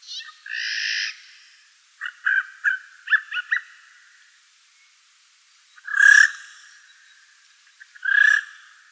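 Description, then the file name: Eurasian jay giving varied calls: a drawn-out nasal note, a run of short notes, then two harsh rasping calls about two seconds apart. "Garrulus glandarius"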